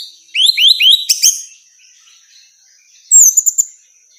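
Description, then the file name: Orange-headed thrush calls: a fast series of rising chirps, a pause, then a brief high thin whistle with a few clipped notes. Female. "suara burung anis merah betina"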